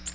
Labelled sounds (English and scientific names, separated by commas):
Nashville Warbler (Leiothlypis ruficapilla) flight call